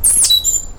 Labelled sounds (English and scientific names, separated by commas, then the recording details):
Stitchbird (Notiomystis cincta) song
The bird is a male
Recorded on Tiritiri Matangi Island, New Zealand, in 2005
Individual 1, of nest box 1